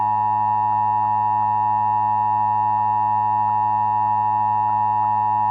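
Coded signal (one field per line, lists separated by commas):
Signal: Emergency Alert System (SAME) tones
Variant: 853 and 960 Hz attention tone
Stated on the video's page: Mock EAS recreation of a real Wisconsin administrative message about a plant fire and evacuation in Cudahy.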